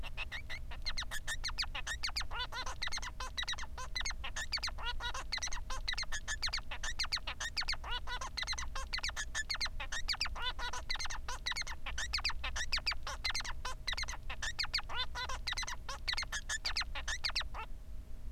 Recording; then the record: song of a male Bengalese finch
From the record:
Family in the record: son of father 3